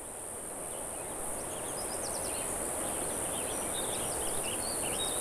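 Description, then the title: Cicadas give a continuous high whine while birds chirp in the background. "neoscenes: cicadas"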